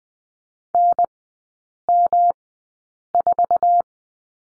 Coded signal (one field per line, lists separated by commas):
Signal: Morse code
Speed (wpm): 20 wpm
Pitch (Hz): 700 Hz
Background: none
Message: NM4